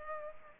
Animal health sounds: mosquito wingbeat signal from an infrared sensor; Culex pipiens

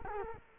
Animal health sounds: mosquito wingbeat signal from an infrared sensor; Culex quinquefasciatus

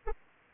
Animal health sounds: mosquito wingbeat signal from an infrared sensor; Anopheles arabiensis

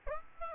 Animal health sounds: mosquito wingbeat signal from an infrared sensor; Aedes albopictus

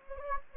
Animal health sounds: mosquito wingbeat signal from an infrared sensor; Anopheles gambiae

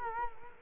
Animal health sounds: mosquito wingbeat signal from an infrared sensor; Culex quinquefasciatus

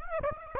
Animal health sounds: mosquito wingbeat signal from an infrared sensor; Aedes aegypti

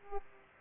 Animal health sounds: mosquito wingbeat signal from an infrared sensor; Aedes aegypti

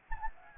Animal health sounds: mosquito wingbeat signal from an infrared sensor; Anopheles gambiae

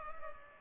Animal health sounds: mosquito wingbeat signal from an infrared sensor; Culex pipiens

